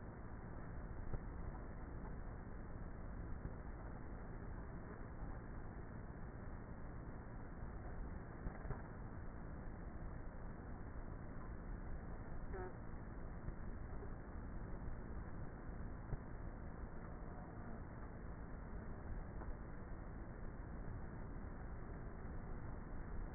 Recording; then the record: honeybee colony, microphone inside the hive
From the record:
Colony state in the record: queenless with a low population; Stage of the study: before two queens were removed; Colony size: about 30,000 bees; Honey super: no